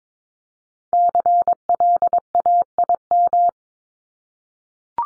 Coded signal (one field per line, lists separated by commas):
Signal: Morse code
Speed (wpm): 22 wpm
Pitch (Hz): 700 Hz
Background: none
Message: CLAIM